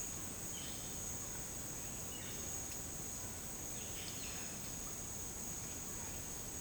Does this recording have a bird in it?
yes